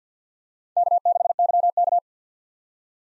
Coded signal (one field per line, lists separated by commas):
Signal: Morse code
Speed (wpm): 50 wpm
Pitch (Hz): 700 Hz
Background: none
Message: K6YK